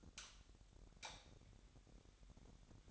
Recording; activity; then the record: daily activity, microphone in the room; light off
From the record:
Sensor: 3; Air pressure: 1011.9 hPa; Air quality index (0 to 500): 230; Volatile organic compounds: 5 ppm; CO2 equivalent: 1710 ppm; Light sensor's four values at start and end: 15/38/16/16 and 13/30/12/12